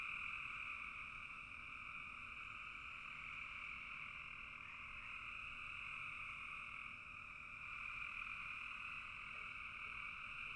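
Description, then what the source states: Frogs in a dense chorus, a continuous two-toned trilling. Frogs calling in a bog.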